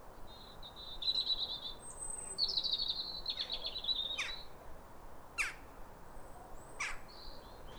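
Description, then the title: European robin song, high thin warbling phrases with trills, broken by sharp clicks, over a steady background hiss. Pair of robins in neighbouring gardens singing as if duetting, clear calm rosy sunrise after weeks of rain, New Year, winter, welcoming the early sun. "Sound Escape 150: Be uplifted by a chorus of New Year's robins"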